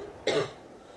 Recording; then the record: coughing mixed with background sound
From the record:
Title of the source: female coughing - coughing sound effects girl